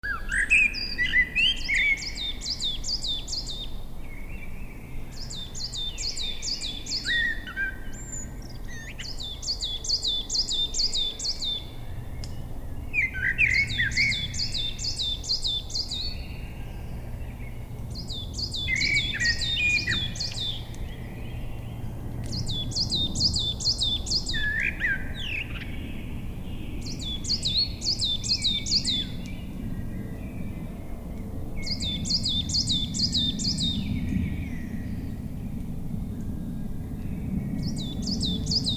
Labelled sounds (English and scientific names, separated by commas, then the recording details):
Coal Tit (Periparus ater) song
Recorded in the wild
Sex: male
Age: adult
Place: Altsorgefeld, NSG Rochauer Heide, Brandenburg, DE
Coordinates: 51.8147, 13.52
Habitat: wood
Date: 2007-03-13 17:50
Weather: fair, 15°C, no wind
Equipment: Sound Devices 702, Sennheiser MKH 70, Windkorb
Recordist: Frommolt, Karl-Heinz